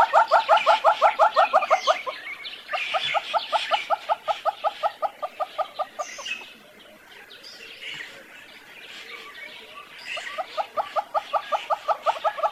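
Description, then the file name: Monteiro's hornbill giving three bouts of rhythmic hollow clucks, separated by pauses. "Canto do calaus de monteiros"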